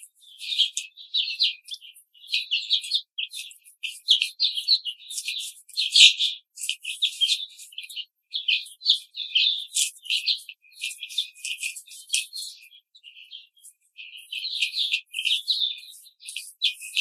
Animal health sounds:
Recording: young laying hens in a cage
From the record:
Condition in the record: control cage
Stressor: none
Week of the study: 5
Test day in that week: 1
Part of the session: 2

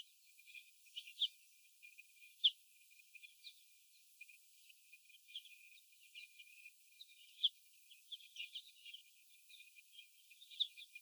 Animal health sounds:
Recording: young laying hens in a cage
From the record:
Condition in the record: before the stressor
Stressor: sudden umbrella opening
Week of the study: 2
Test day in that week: 1

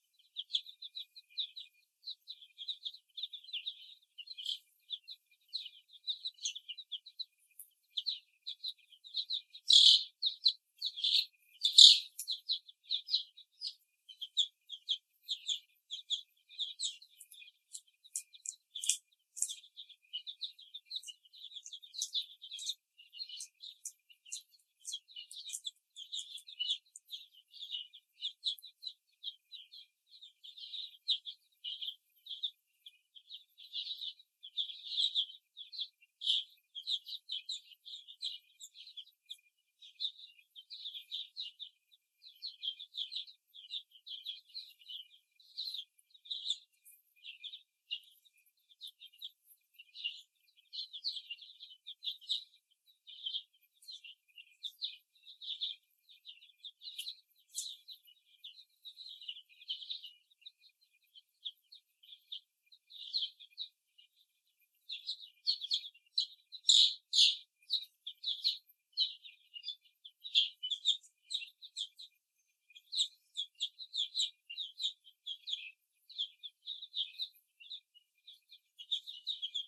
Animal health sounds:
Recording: young laying hens in a cage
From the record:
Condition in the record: before the stressor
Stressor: simulated dog barking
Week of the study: 1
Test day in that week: 2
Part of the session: 3

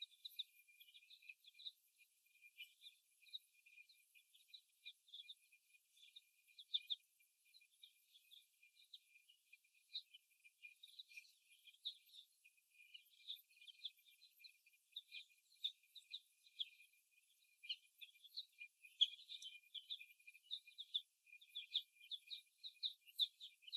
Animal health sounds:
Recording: young laying hens in a cage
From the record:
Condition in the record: before the stressor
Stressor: simulated dog barking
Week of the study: 1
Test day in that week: 1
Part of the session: 1

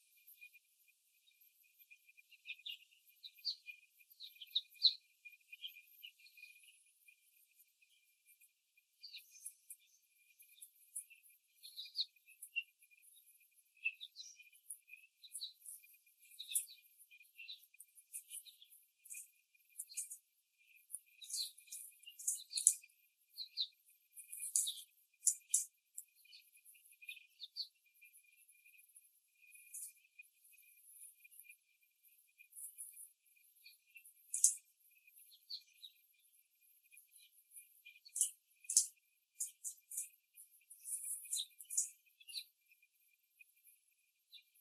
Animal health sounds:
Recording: young laying hens in a cage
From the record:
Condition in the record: after the stressor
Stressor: simulated dog barking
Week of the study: 3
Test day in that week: 1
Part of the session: 2

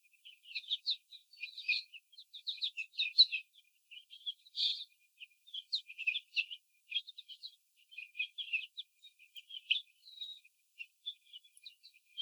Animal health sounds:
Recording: young laying hens in a cage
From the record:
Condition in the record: before the stressor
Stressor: simulated dog barking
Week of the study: 4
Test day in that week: 2

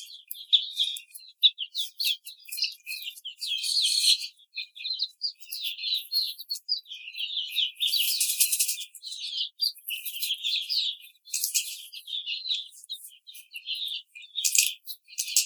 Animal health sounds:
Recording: young laying hens in a cage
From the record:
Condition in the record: treatment cage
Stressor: simulated dog barking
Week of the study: 5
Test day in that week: 1

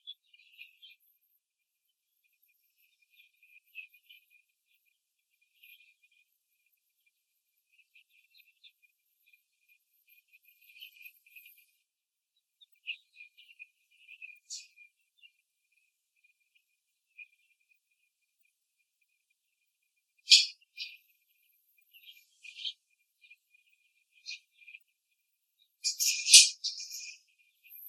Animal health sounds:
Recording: young laying hens in a cage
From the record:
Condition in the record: before the stressor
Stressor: simulated dog barking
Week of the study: 3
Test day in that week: 2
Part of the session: 4

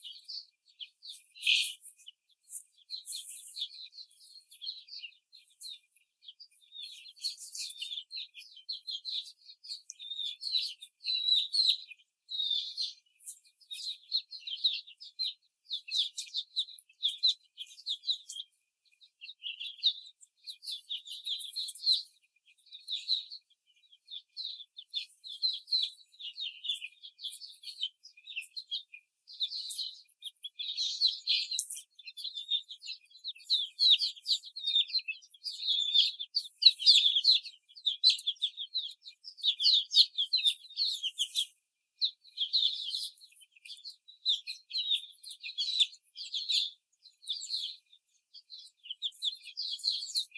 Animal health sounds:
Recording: young laying hens in a cage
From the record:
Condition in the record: before the stressor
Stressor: simulated dog barking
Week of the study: 4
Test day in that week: 3

